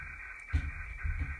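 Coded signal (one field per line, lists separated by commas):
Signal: weather fax (radiofax)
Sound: continuous raspy warbling tone band with short dropouts and low thumping underneath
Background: radio static, low thumps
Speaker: et là comme l'image est claire [Musique]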